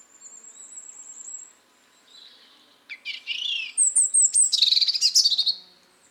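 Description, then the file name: European robin song: a thin high whistle, then a pause and a burst of varied warbles, sliding notes and fast tinkling trills that grow louder toward the end. "Erithacus rubecula"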